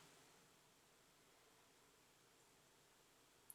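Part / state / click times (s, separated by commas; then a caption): prosthetic screw on implant bridge framework, tightened with a torque wrench / torque reached / 3.5 s. A torque wrench tightens the prosthetic screw of a machined implant bridge framework onto implant replicas to the manufacturer's value of 15 Ncm. Steady low hiss and faint rustling run through the clip, then a single sharp click sounds at 3.5 s as the wrench reaches the set torque.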